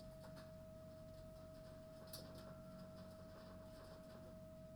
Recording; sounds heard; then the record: poultry house recording; no chicken sound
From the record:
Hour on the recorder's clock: 23